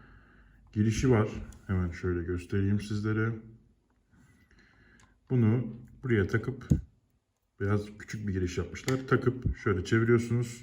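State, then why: Not seated. A charging cable is lined up with the small white input on the back of a Belkin BoostCharge Pro 3-in-1 MagSafe wireless charging stand for iPhone, Apple Watch and AirPods, ready to be pushed in and twisted to lock. Someone talks throughout, with only a faint small tap near 4.5 s in a quiet pause. The cable has not seated or clicked yet.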